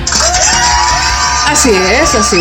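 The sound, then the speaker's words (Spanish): A loud, steady crowd roar with overlapping cheers, whoops and rising shouts, several voices yelling at once through the whole two and a half seconds. “¿Por qué no gritaron antes cuando dije cultura underground?”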